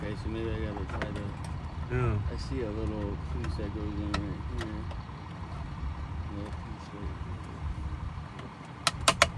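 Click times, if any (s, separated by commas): 8.9 s, 9.1 s, 9.2 s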